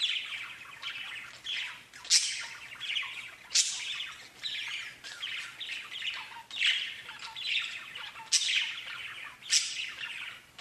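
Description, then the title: Budgerigar calls: bursts of harsh, buzzy warbling broken by sharp high chirps, coming in uneven phrases every second or so. "Budgie Sounds"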